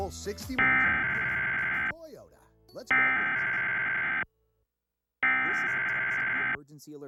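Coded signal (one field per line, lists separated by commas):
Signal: Emergency Alert System (SAME) tones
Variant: header bursts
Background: speech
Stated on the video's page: EAS monthly test aired on WABC television during a game show broadcast.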